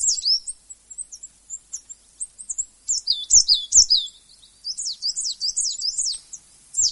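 Coal tit uttering a jumble of thin, high, sliding notes and short chirps in an uneven, busy stream.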